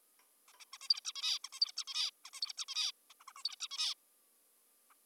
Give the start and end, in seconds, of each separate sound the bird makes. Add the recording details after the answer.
0.48-0.53, 0.60-0.65, 0.74-0.78, 0.82-0.88, 0.90-1.00, 1.05-1.12, 1.16-1.39, 1.44-1.49, 1.53-1.60, 1.61-1.72, 1.77-1.84, 1.88-2.10, 2.26-2.30, 2.34-2.41, 2.42-2.53, 2.58-2.65, 2.68-2.91, 3.10-3.14, 3.20-3.24, 3.28-3.32, 3.36-3.43, 3.45-3.56, 3.60-3.68, 3.71-3.94, 4.90-4.94. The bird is an adult. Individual g19o3U